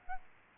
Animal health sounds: mosquito wingbeat signal from an infrared sensor; Aedes albopictus

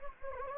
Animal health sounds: mosquito wingbeat signal from an infrared sensor; Anopheles gambiae

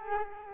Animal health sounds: mosquito wingbeat signal from an infrared sensor; Culex quinquefasciatus

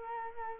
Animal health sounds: mosquito wingbeat signal from an infrared sensor; Culex quinquefasciatus

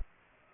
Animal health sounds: mosquito wingbeat signal from an infrared sensor; Culex pipiens

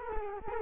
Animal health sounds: mosquito wingbeat signal from an infrared sensor; Culex quinquefasciatus

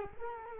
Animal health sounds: mosquito wingbeat signal from an infrared sensor; Culex quinquefasciatus

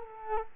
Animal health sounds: mosquito wingbeat signal from an infrared sensor; Culex quinquefasciatus

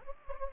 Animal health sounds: mosquito wingbeat signal from an infrared sensor; Anopheles gambiae

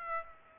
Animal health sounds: mosquito wingbeat signal from an infrared sensor; Aedes aegypti

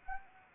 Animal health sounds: mosquito wingbeat signal from an infrared sensor; Anopheles arabiensis

